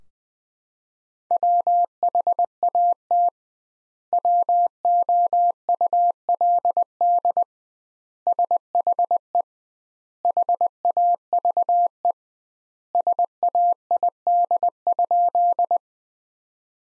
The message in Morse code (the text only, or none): WHAT WOULD SHE HAVE SAID?